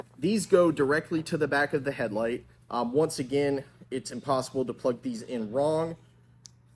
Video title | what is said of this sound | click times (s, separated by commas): TEQ Customs V2 H4 Harness Install Guide | they just click right in and and there is a matching connector on each side | 6.5 s